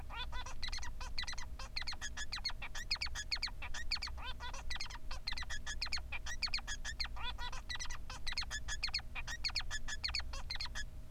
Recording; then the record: song of a male Bengalese finch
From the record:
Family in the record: son of father 3